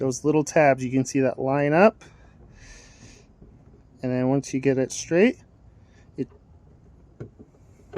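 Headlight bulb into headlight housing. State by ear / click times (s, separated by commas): not seated / none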